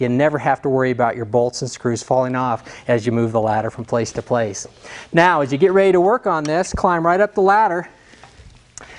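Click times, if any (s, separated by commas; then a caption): 8.8 s. Someone talks until about 7.9 s, then a handrail/grab bar is slid into its mount at the top of an aluminum Little Giant Xtreme ladder. A faint knock comes at 8.2 s, and a sharp, short click at 8.8 s marks the handrail locking into place.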